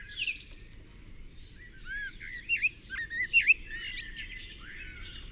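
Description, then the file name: Eurasian blackbird song: a string of warbled, looping whistled phrases with brief squeaky notes, rising and falling over several seconds. "Turdus merula"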